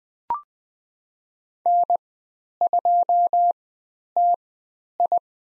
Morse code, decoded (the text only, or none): N2TI